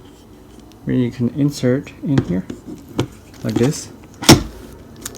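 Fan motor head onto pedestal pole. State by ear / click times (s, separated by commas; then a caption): seated / 5.1 s. A Lasko pedestal fan's motor head is pushed down onto the top of its pedestal pole through the mounting hole while someone talks. A sharp click at 5.1 s marks it snapping into place, seated and secure.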